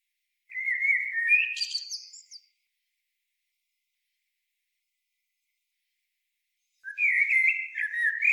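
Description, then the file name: Eurasian blackbird song: two rich whistled phrases with a brief high chittering flourish, separated by a long pause. "Turdus merula"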